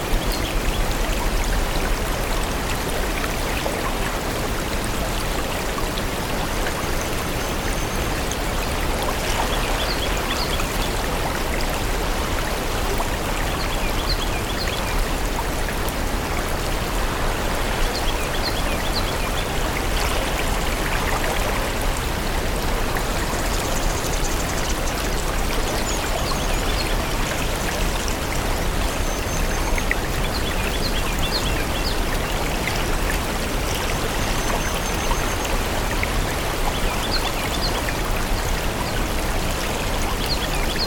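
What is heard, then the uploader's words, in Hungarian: A forest stream runs without pause, a dense, even rush of water with a low rumble underneath and a bright, bubbling splash on top. The level holds steady throughout, while faint high chirps, likely birds, come and go over the flow. Erdei patak.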